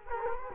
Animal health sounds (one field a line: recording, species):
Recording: mosquito wingbeat signal from an infrared sensor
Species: Culex quinquefasciatus